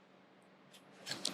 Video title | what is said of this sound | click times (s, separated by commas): Sun Glow Advanced Product Knowledge Seminar August 2023 | there you go if it's lined up it Clips in and like now it's not like you can't even this is not going to even turn now | 1.3 s